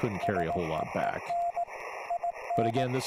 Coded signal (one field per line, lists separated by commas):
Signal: Morse code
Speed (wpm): 18 wpm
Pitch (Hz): 690 Hz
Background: speech, radio noise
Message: SEEN IN